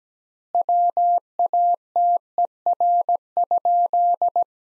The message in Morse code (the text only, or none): WATER?